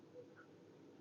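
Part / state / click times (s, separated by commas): plastic push-pin trim clip in motorcycle fairing panels / not seated / none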